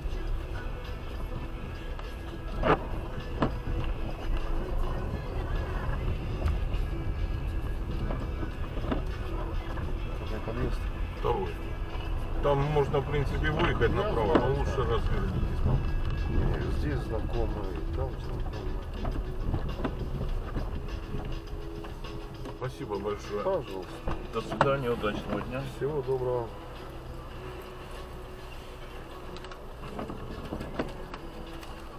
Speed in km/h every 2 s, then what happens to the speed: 9, 12, 14, 14, 14, 14, 11, 9, 12, 11, 11, 7, 5, 3, 2, 0.
0-20 steady at about 12. 20-28 slows to 2. 28-32 standing.